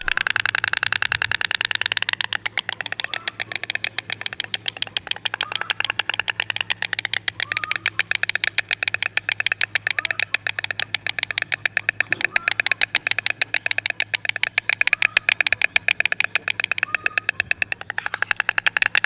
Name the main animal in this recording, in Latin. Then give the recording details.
Ciconia ciconia. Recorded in the wild. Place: Putbus, Insel Rügen, Mecklenburg-Vorpommern, DE. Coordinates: 54.337, 13.484. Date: 1977-05-13. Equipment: Nagra III BH, Sennheiser MD 21, parabola. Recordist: Schubert, Michael. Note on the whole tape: Storchenpaar klappert auf dem Nest, zudem Würgelaute